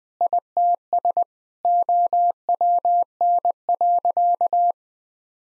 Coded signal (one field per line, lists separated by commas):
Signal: Morse code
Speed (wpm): 20 wpm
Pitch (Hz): 700 Hz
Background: none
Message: ITS OWN.